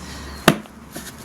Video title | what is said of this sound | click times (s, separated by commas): 2010 Toyota Prius (Generation 3) Rear Bumper Cover Replacement | that's the way it snaps into place | 0.5 s